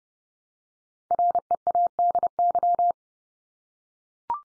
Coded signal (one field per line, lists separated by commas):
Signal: Morse code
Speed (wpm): 30 wpm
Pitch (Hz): 700 Hz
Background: none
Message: READY